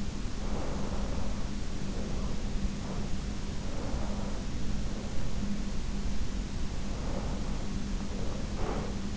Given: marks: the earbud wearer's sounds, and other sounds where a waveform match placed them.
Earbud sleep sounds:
sounds in sleep by an in-ear microphone; breath
0.36-3.20 s: breath
3.66-5.41 s: breath
6.79-9.17 s: breath

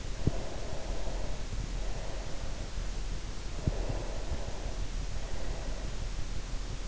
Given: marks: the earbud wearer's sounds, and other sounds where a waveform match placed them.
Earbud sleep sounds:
sounds in sleep by an in-ear microphone; breath
0.33-2.93 s: breath
3.84-6.18 s: breath

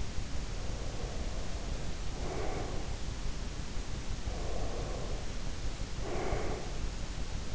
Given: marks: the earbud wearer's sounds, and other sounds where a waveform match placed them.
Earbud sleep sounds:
sounds in sleep by an in-ear microphone; breath
0.42-3.14 s: breath
4.11-6.95 s: breath

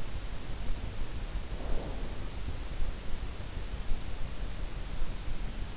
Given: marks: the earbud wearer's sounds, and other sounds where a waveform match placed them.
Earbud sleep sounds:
sounds in sleep by an in-ear microphone; snoring breath
1.20-2.14 s: snoring breath

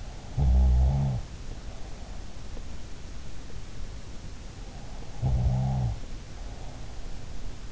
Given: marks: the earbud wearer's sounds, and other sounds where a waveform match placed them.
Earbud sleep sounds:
sounds in sleep by an in-ear microphone; snoring breath
0.00-2.32 s: snoring breath
4.65-7.10 s: snoring breath

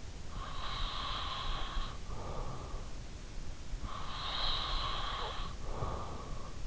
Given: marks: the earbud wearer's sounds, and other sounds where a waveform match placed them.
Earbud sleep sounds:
sounds in sleep by an in-ear microphone; breath
0.19-2.94 s: breath
3.85-6.19 s: breath

